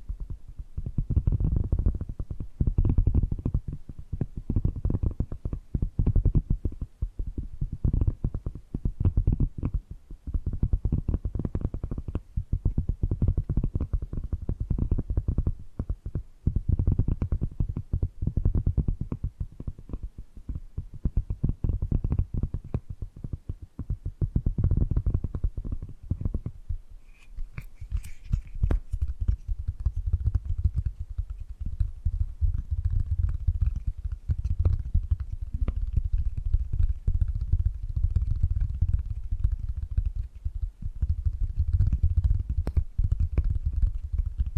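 Tapping and gripping sounds fill the whole stretch, a dense run of soft, low thumps and rubs that rarely pause. After about 27 seconds the texture thins and becomes scratchier, with occasional brighter clicks and crackles over the continuing dull taps.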